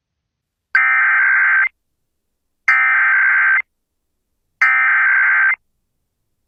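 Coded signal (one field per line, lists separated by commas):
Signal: Emergency Alert System (SAME) tones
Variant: header bursts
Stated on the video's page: Real immediate evacuation alert captured live on a Fairbanks FM radio station at 96.9.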